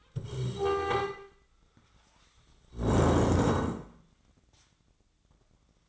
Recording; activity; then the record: daily activity, microphone in the room; stand up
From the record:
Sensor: 3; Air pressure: 1012.2 hPa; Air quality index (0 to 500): 174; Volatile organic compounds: 3 ppm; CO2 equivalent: 1334 ppm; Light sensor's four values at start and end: 61/150/68/73 and 98/205/105/118